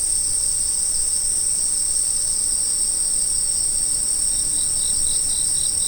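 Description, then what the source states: Insects calling in a steady, very high-pitched shrill drone, with faint pulsed chirps appearing near the end. Autumn insects.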